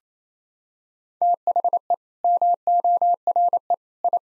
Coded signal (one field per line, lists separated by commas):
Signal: Morse code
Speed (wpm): 28 wpm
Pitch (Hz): 700 Hz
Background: none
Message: THE MORE I